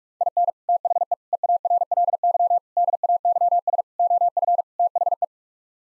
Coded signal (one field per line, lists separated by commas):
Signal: Morse code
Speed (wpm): 41 wpm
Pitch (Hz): 700 Hz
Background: none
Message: IN THE EARLY DAYS OF THE